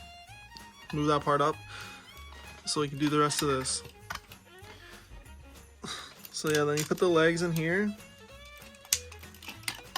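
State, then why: Partly seated. Someone talks while pushing the plastic legs into the body of a plastic transforming figure, a Transformers Studio Series Grindor. Sharp plastic clicks sound at 8.9, 9.7 and 10.0 seconds as the legs click in. They are not fully home, and one more click still seems needed.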